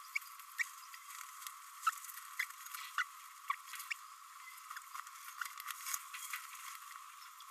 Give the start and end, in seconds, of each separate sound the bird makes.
2.39-2.44, 2.98-3.04, 3.50-3.55, 3.91-3.93